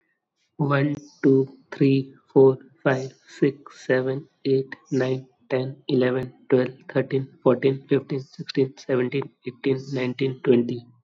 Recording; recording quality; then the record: counting at a normal pace; excellent, no background noise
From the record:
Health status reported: COVID-19 positive, mild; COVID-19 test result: positive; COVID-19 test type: RT-PCR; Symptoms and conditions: cough, cold, fever, fatigue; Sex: male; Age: 23 years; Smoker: no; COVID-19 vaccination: both doses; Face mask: not worn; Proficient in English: yes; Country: India